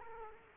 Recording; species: mosquito wingbeat signal from an infrared sensor; Culex quinquefasciatus